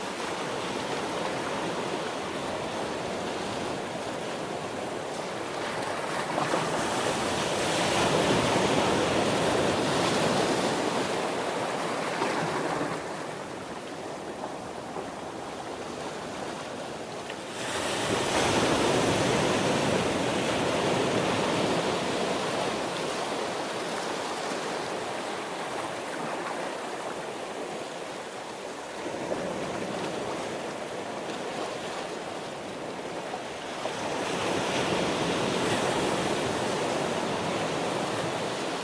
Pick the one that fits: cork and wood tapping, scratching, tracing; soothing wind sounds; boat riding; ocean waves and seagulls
ocean waves and seagulls